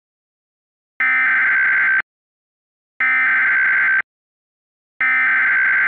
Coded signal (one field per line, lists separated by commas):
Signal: Emergency Alert System (SAME) tones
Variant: header bursts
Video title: EAS Flash Flood Warning Birmingham, AL